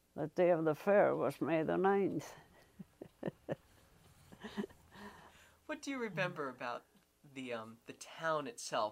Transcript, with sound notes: That day of the fair was May the 9 th. [Chuckles]
(chuckles) What do you remember about the town itself?